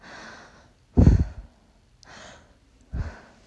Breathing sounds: deep breathing after running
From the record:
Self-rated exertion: light exertion (2 of 6); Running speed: 5 miles an hour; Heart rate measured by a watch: 87 beats a minute at the start, 89 at the end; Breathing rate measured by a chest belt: 31 breaths a minute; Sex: female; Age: 18 years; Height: 167 cm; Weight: 50 kg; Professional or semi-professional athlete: no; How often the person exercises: 1 to 2 times a week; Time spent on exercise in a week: 1 to 2 hours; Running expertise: no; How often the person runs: 1 to 2 times a week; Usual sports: running, walking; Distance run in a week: 1 to 2 km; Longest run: 6 km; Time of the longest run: 34 minutes

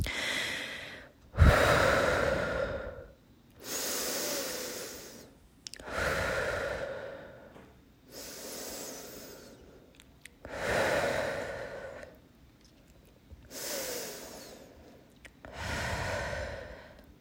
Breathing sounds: deep breathing after running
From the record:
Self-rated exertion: moderate exertion (3 of 6); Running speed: 5 miles an hour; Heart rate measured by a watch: 130 beats a minute at the start, 127 at the end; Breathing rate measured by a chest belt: 14 breaths a minute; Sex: female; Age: 18 years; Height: 171 cm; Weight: 75 kg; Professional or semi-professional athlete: no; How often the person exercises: 1 to 2 times a week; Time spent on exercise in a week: under 1 hour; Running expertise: no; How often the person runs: 1 to 2 times a week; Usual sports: running, fencing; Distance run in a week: 3 km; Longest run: 21.3 km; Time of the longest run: 190 minutes

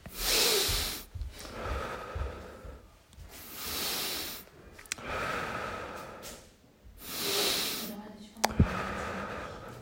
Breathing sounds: deep breathing after running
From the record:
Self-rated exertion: light exertion (2 of 6); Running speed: 7 miles an hour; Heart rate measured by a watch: 100 beats a minute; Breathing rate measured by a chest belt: 17 breaths a minute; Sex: male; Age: 23 years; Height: 172 cm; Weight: 73 kg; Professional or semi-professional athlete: no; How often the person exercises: 3 to 5 times a week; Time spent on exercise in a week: over 5 hours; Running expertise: yes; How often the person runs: 3 to 5 times a week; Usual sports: running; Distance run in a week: 40 km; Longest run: 20 km

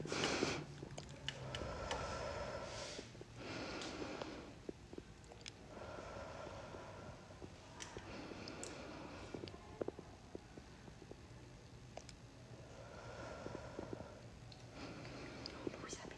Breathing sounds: deep breathing after running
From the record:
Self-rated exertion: moderate exertion (3 of 6); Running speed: 7 miles an hour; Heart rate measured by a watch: 98 beats a minute at the start, 96 at the end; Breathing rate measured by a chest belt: 16 breaths a minute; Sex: female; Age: 58 years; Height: 160 cm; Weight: 52 kg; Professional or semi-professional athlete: no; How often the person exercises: over 5 times a week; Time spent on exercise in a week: over 5 hours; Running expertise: no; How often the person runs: 3 to 5 times a week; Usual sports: running, swimming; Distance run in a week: 30 miles

